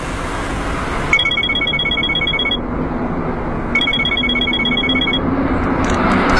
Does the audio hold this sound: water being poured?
no